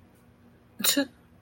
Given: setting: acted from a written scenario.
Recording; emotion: vocal sound without words; neutral